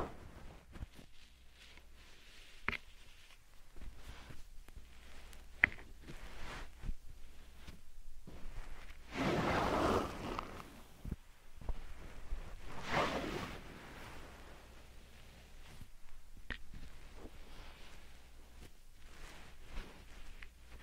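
Slime and sand being handled, with soft squelches and grainy rustles that are quiet and sparse. Short crisp clicks and taps come every second or so. Two louder, longer bursts of gritty friction stand out, one around ten seconds and one near thirteen.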